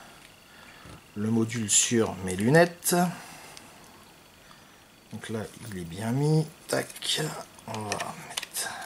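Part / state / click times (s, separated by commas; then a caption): plastic module bay cover onto FPV goggles / not seated / none. Someone talks while reassembling the receiver module on a pair of FPV goggles, handling the plastic module bay cover over the goggle shell. Only faint handling noises are heard between the speech, and the cover has not clipped into place yet.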